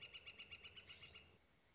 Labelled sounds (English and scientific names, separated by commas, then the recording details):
Northern Flicker (Colaptes auratus)
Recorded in Sonoma County, California